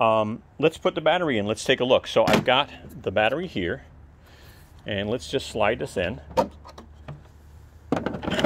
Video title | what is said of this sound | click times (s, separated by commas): EGO 56v Select Cut vs KOBALT 80V Max Mower Detailed Comparison Review EGO lm2135sp | right now when you put it in you want to make sure you push it in so you hear that click | 8.1 s, 8.4 s